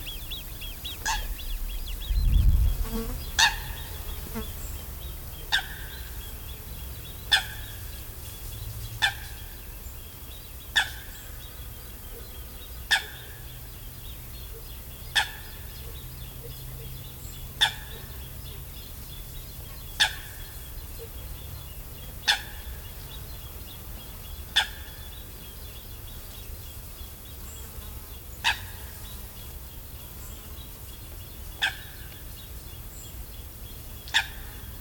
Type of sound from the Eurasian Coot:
call